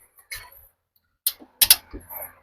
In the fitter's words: sampai bunyi klik dia dah sampai tu ni. Okey